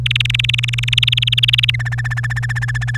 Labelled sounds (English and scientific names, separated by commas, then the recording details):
Domestic Canary (Serinus canaria) song
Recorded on 1 May 2018 at 08:23
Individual llb3